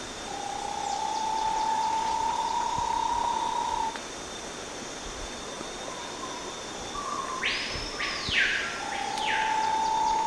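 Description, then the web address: Bahia tapaculo delivering a fast, even trill for several seconds, then a pause with sweeping, arching whooshes, before the trill starts again near the end. "Bahia tapaculo. صدای-پرنده-تپلک-باهیا"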